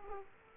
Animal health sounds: mosquito wingbeat signal from an infrared sensor; Aedes aegypti

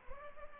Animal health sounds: mosquito wingbeat signal from an infrared sensor; Culex pipiens

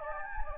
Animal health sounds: mosquito wingbeat signal from an infrared sensor; Anopheles gambiae

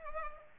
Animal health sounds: mosquito wingbeat signal from an infrared sensor; Culex pipiens

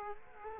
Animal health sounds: mosquito wingbeat signal from an infrared sensor; Culex quinquefasciatus

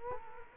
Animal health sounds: mosquito wingbeat signal from an infrared sensor; Culex quinquefasciatus

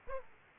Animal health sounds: mosquito wingbeat signal from an infrared sensor; Aedes aegypti

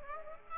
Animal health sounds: mosquito wingbeat signal from an infrared sensor; Aedes aegypti

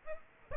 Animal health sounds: mosquito wingbeat signal from an infrared sensor; Aedes aegypti

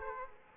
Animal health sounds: mosquito wingbeat signal from an infrared sensor; Aedes aegypti

